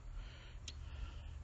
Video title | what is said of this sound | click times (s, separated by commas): Uni-Verse-All - Universal Dental Sensor Positioner | load your sensor and press down on the top until it locks tightly over your sensor | 0.7 s